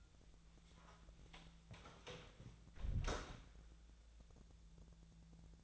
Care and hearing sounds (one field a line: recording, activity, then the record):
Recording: daily activity, microphone in the room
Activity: close door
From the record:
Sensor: 3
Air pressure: 1000.5 hPa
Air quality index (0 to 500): 181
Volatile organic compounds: 4 ppm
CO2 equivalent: 1573 ppm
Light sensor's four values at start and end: 12/29/12/13 and 12/29/12/13